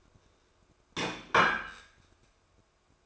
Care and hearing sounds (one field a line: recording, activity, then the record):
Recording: daily activity, microphone in the room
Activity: place plate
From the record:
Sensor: 2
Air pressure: 1004.2 hPa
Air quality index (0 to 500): 189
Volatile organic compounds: 11 ppm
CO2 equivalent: 2268 ppm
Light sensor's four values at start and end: 4/9/3/3 and 4/9/3/4